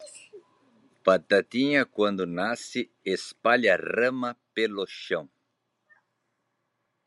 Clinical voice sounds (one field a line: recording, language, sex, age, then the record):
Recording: short text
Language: Brazilian Portuguese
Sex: female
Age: 60 to 69 years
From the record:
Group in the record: control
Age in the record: 68 years